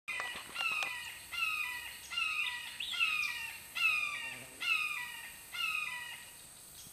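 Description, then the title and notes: Red-shouldered hawk calls: a run of slurred, downward-sliding screams, about one a second. Recorded at Caddo. "Red Shouldered Hawk Caddo. by Christie Mullen"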